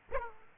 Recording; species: mosquito wingbeat signal from an infrared sensor; Aedes aegypti